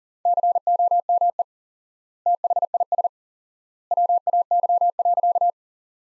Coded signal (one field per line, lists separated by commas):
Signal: Morse code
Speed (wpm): 40 wpm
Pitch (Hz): 700 Hz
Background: none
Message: COME THIS WAY.